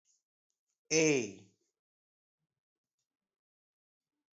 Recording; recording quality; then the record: sustained vowel as in made; poor, much background noise or distortion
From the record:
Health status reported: healthy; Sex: male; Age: 33 years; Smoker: yes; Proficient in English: yes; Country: India